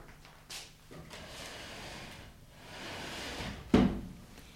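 A chair scrapes and shuffles across the floor for a few seconds, then sets down with a single sharp thump. No one speaks.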